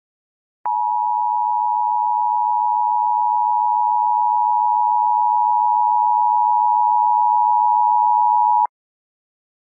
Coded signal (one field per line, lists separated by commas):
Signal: Emergency Alert System (SAME) tones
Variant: 853 and 960 Hz attention tone